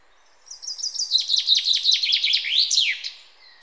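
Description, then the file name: Common chaffinch song, a lively run of repeated notes stepping downward, ending with a loud swooping flourish, followed by a brief faint note. "Fringilla coelebs"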